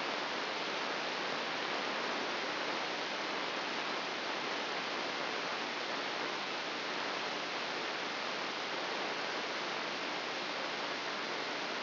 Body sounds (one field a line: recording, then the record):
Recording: brain microelectrode recording played as sound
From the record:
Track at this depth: outside the subthalamic nucleus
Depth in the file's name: 6.398 mm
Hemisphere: left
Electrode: 3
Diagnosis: Parkinson's disease